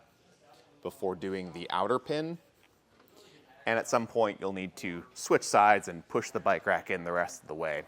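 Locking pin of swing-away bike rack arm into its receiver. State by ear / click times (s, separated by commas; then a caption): not seated / none. A man talks while the swung-away arm of a RockyMounts AfterParty swing-away 2-bike rack on a 2016 Ford F-150 is handled, with its metal locking pin set to go into its receiver as the rack is pushed back into position. Two faint, brief ticks are heard in a pause around 2.6 and 3.1 seconds. Nothing has seated or clicked yet.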